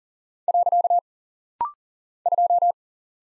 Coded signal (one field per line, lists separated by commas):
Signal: Morse code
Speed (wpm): 40 wpm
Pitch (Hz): 700 Hz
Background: none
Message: . 2